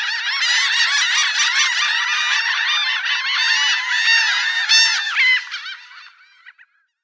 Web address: Laughing Gull